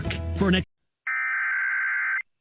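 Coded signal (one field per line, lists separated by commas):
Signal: Emergency Alert System (SAME) tones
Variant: header bursts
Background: speech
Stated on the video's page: Compilation of real EAS alerts received on one day.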